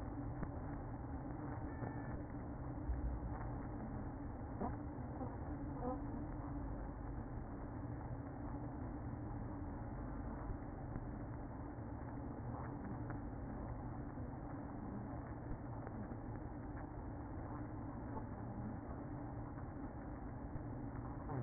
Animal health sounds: honeybee colony, microphone inside the hive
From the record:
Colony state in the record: queen present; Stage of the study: after two queens were removed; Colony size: about 60,000 bees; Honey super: yes

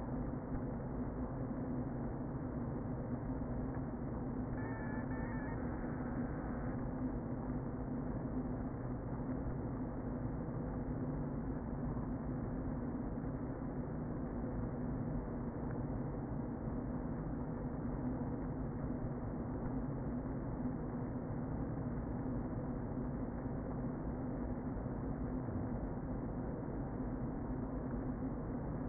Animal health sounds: honeybee colony, microphone inside the hive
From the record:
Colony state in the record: queen present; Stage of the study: before two queens were removed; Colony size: about 60,000 bees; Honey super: yes

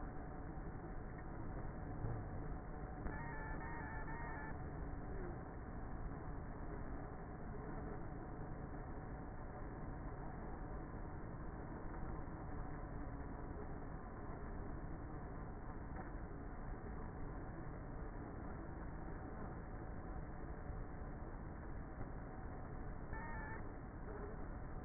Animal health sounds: honeybee colony, microphone inside the hive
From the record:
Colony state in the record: queenless with a low population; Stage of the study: before two queens were removed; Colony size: about 30,000 bees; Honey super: no

